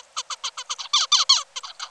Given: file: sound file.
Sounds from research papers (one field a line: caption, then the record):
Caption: Song of bird #2 (59 days post-hatch).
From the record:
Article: Common Features of Neural Activity during Singing and Sleep Periods in a Basal Ganglia Nucleus Critical for Vocal Learning in a Juvenile Songbird